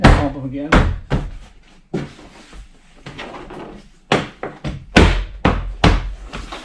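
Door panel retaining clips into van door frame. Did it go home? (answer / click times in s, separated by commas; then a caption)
yes / 4.1 s, 5.0 s, 5.4 s, 5.8 s. Someone talks while bumping a plastic door panel with a palm so its retaining clips lock into the metal door frame of a Nissan NV200 work van. Sharp snapping clicks sound at 4.1, 5.0, 5.5 and 5.8 seconds as the clips seat home. The panel ends up secure, with even a slightly broken tab still latched.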